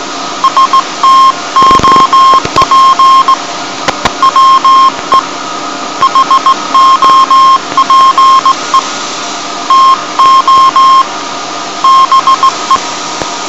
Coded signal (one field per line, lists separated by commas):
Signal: Morse code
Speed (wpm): 17 wpm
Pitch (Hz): 1070 Hz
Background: none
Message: STOP WE HOPE TO BE